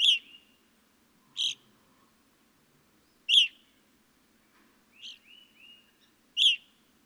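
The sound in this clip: Evening grosbeak uttering strident, buzzy chirps spaced one to two seconds apart, plus quiet sliding whistles before the final note.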